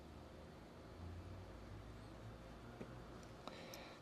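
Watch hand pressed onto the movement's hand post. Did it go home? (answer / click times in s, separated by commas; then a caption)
yes / 3.5 s, 3.7 s. A hand-pushing tool presses a small metal watch hand, apparently the GMT hand, down onto its post in the watch movement against a steady low background hum. Two short, sharp clicks sound at 3.5 s and 3.7 s as the hand seats onto the post.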